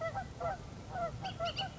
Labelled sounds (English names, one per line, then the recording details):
Bullock's Oriole
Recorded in Sonoma County, California